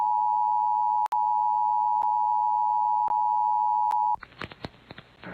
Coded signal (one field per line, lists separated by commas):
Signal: Emergency Alert System (SAME) tones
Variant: 853 and 960 Hz attention tone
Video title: EAS - Severe Thunderstorm Warning for Indiana and Kentucky 3/30/25